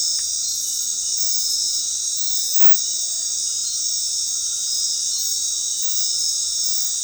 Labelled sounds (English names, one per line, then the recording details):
none
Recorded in dense forest near Puerto Asís, Putumayo, Colombia, on 21 February 2024 at 22:00
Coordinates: 0.502, -76.326
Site G6460